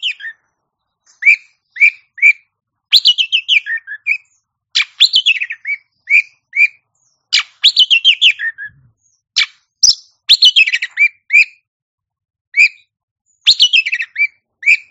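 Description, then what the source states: Oriental magpie-robin song: rapid bursts of varied whistled and chattering notes alternating with repeated short downslurred whistles, with pauses between phrases. Champion song bird.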